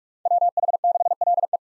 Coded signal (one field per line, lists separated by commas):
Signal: Morse code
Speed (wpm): 46 wpm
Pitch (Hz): 700 Hz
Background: none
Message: WH6LE